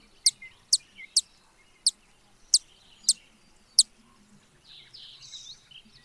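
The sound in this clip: Broad-tailed hummingbird giving seven sharp, very high chip notes at uneven spacing, followed by softer, lower chatter.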